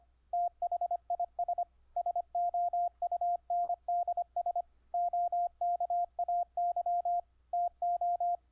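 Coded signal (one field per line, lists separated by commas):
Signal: Morse code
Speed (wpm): 24 wpm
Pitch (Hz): 700 Hz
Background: radio noise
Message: THIS SOUNDS OKAY TO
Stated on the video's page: Morse audio tones sent over the internet through a software keyer on Ubuntu, keyed with iambic paddle, straight key, or bug emulation via clip leads.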